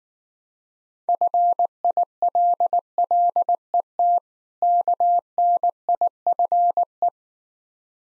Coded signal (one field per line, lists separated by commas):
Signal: Morse code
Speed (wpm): 19 wpm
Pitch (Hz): 700 Hz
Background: none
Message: FILLET KNIFE